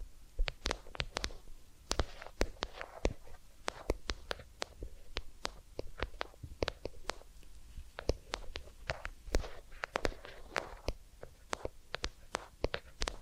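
Ear cleaning and massage sounds: sharp, crisp clicks and scratches snap in irregularly, several per second, across the whole span. Between them sits a soft, low rubbing murmur with faint crackle, and the pace of the taps stays fairly even throughout.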